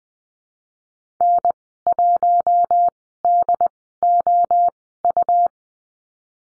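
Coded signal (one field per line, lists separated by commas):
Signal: Morse code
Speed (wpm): 20 wpm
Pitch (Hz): 700 Hz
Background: none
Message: N1DOU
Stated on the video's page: Morse lesson drill on the letter G with call signs, Farnsworth speed 20/10 wpm.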